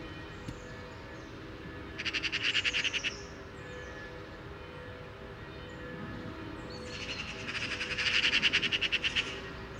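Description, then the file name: Eurasian magpie rattling in two harsh bursts several seconds apart, the second longer, with faint slurred whistles in the background. "Pica pica"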